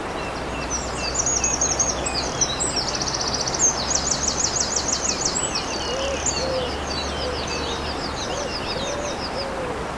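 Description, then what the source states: Eurasian wren song: a long energetic outpouring of high trills and rattles for several seconds, with a stream rushing throughout. Beside a stream on 21 April 2015, recorded with an MZ-N710 device.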